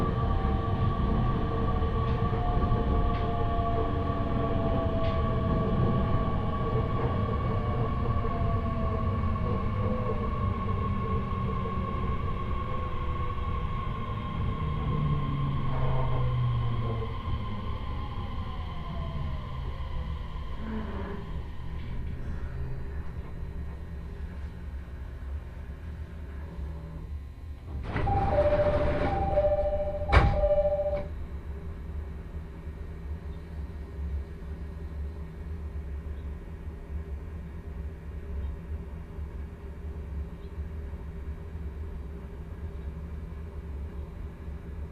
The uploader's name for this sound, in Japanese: 鉄道旅 常磐線 南中郷→勝田